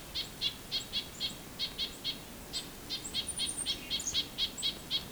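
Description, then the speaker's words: Nuthatches calling in a busy series of short, high notes repeated about four times a second. Nuthatches making quite a racket, apparently unhappy about something, at the 40 Hills area on the Bruce Trail near Lion's Head, Bruce Peninsula, a day after the Tobermory Christmas Bird Count. "Nuthatches are making quite a racket."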